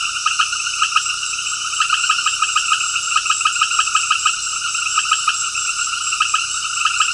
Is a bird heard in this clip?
no